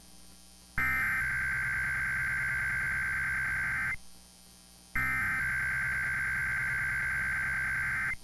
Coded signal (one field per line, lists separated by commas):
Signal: Emergency Alert System (SAME) tones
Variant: header bursts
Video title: IPAWS Weekly Test (9/6/21)(EAS 913)